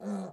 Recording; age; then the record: pig call; piglet (1 to 25 days)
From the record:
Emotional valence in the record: negative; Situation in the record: short isolation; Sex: male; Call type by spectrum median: low-frequency call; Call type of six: low-frequency modulated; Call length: 0.33 s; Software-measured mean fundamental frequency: 49 Hz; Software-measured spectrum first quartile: 200 Hz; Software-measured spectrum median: 303 Hz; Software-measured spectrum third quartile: 675 Hz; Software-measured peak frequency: 198 Hz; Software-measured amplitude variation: 90 dB a second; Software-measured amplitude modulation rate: 16.6 a second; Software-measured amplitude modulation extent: 5.4 dB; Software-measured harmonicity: 6.2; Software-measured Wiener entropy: -0.32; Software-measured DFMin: 1186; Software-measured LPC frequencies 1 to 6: 542, 1310, 4141, 6549, 7390, 8333 Hz